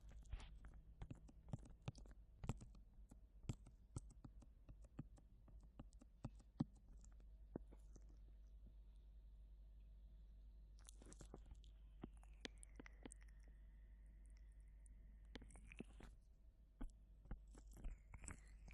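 An ear massage with dense, crackling taps and rubs that pack the first seven seconds, then thin out. A faint whistling tone sits underneath, dipping lower in pitch around twelve seconds and rising again near sixteen, with rustling bursts at eleven, sixteen and the end.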